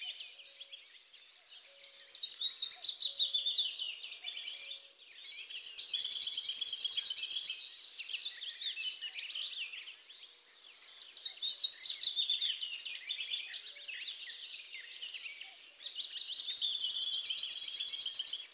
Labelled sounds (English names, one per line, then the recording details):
Lesser Whitethroat song
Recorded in the wild
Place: Flögelner See, Schleswig-Holstein, DE
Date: 1999-05-11
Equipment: MiniDisc Sony MZ-R35, Telinga DAT, Telinga-Parabolspiegel
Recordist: Schwarz, Dieter